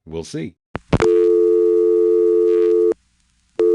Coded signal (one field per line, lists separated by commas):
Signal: telephone call progress tone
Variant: North America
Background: speech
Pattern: dial tone